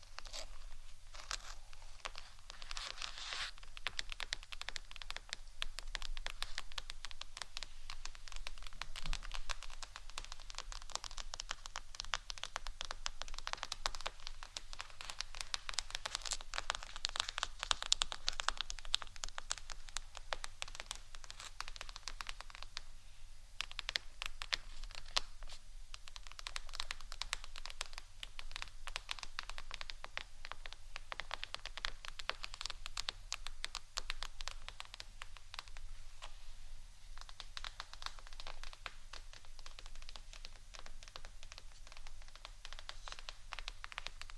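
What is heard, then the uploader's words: Head-mic triggers: dense, rapid scratching and tapping right at the microphone, crisp and bright with almost no low end. The busy texture runs continuously for the whole stretch, swelling slightly louder around the middle. ASMR Unique Head Mic Triggers（No Talking）.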